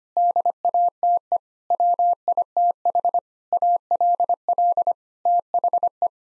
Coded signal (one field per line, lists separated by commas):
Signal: Morse code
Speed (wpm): 25 wpm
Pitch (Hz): 700 Hz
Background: none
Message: DATE WITH ALL THE